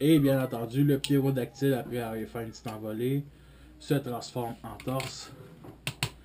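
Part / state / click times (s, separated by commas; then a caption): pterodactyl chest piece into the toy robot body / seated / 5.9 s, 6.0 s. Someone talks while the pterodactyl piece of a plastic Power Rangers Mighty Morphin Megazord Season 1 Legacy toy, turned into the chest, is pressed onto the robot body. It clips into place with two sharp snaps at 5.9 s and 6.0 s, seating the torso piece.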